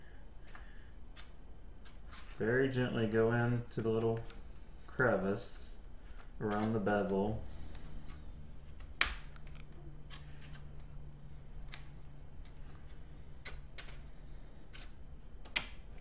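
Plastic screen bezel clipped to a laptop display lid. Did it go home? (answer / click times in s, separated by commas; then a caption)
released / 9.0 s, 15.6 s. A thin tool is gently worked into the gap around the plastic screen bezel clipped to the display lid of an Asus UL50VT laptop to pry it off. Someone talks, then sharp snaps at 9.0 s and 15.6 s are heard as the plastic retaining clips pop free. The bezel clips are released.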